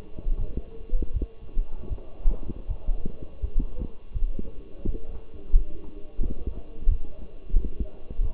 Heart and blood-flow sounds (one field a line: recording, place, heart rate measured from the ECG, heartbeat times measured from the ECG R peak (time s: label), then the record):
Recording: heart sounds by stethoscope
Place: between the tricuspid and mitral areas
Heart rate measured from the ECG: 84 bpm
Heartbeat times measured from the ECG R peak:
0.37 s: heartbeat
1.13 s: heartbeat
1.89 s: heartbeat
2.67 s: heartbeat
3.41 s: heartbeat
4.13 s: heartbeat
4.84 s: heartbeat
5.52 s: heartbeat
6.21 s: heartbeat
6.88 s: heartbeat
7.54 s: heartbeat
8.21 s: heartbeat
From the record:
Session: walking at 3.7 km/h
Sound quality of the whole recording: partially saturated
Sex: male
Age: 24 years